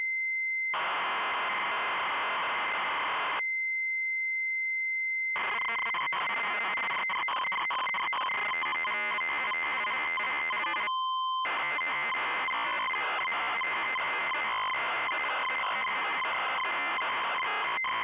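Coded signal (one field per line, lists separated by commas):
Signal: ZX Spectrum tape loading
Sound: harsh buzzing data screech, a pause, a steady high beep, then more rasping bursts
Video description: Loading and short gameplay introduce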